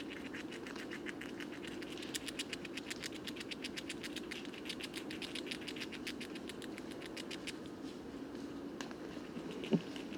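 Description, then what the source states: Eurasian red squirrel gnawing, a long run of fast, even clicks, fading toward the end before a single sharp knock. Bois de Vincennes, 23 November 2018, foggy, 5°C; gorging on seeds of many fruiting conifers before winter rest.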